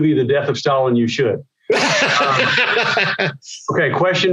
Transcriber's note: laughs